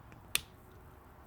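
The activator plunger of a denture reline material cartridge is pushed in until it clicks, mixing the two components in the tube. A faint tap at 0.1 s is followed by a single sharp click at 0.4 s as the activator seats, and the dispenser is activated.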